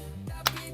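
A fuel hose quick connector is pushed onto the fuel fitting of a Parsun outboard motor, which has a locking latch. Over a steady low hum, a single sharp click sounds at 0.5 s, and the connector is seated and locked in.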